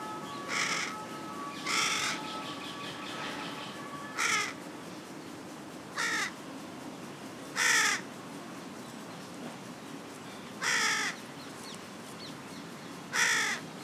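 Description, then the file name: Carrion crow cawing in rough, grating notes at irregular intervals of one to three seconds, with a faint steady tone in the background early on. "Corvus corone"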